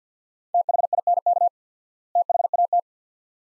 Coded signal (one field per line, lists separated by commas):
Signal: Morse code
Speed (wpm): 50 wpm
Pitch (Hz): 700 Hz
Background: none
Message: THINK THAT